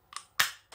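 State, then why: Released. A fluorescent lamp starter's cover is worked off until the starter casing clicks open and the starter body comes free in the hand. A faint snap sounds at 0.2 s, then a sharp, bright click at 0.4 s, and a quieter rattle follows at 0.7 s. The casing is released.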